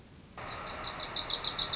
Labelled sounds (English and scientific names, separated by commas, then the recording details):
Wilson's Warbler (Cardellina pusilla)
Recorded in Sonoma County, California